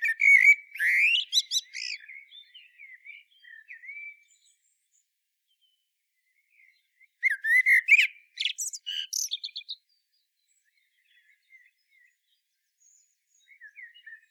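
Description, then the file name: Common blackbird song: a rich, fluty warble with a sharp twittering flourish, a quiet pause of several seconds, then a second warbled phrase with high squeaks. "Turdus merula"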